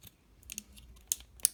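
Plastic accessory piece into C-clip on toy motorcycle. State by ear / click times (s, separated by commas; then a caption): seated / 1.1 s, 1.5 s. A small plastic accessory (flag holder / back-seat piece) is pressed into a C-shaped clip on a 1:18 Toys Alliance toy motorcycle. Faint light ticks and handling noise lead up to two sharp, bright clicks at 1.1 s and 1.5 s. The piece seats firmly in the clip.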